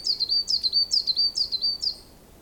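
Bird calling with high, thin chirps, each a quick falling note with a short tail, repeated five times about twice per second over faint background hiss.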